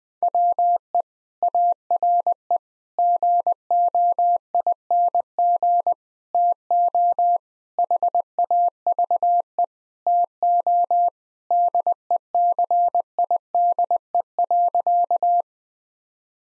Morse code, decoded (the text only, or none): WE ARE GOING TO HAVE TO DECIDE.